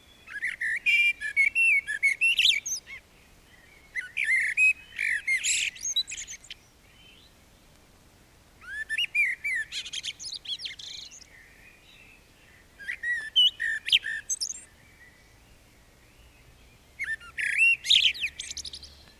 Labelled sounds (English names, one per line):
Common Blackbird song